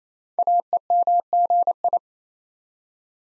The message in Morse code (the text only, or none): AEMGI